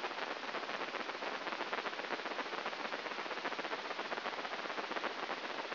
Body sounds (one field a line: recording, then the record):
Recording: brain microelectrode recording played as sound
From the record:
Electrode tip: inside the subthalamic nucleus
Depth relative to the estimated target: 0 mm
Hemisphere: right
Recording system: AlphaMap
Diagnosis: Parkinson's disease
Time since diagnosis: 12 years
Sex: male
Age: 57 years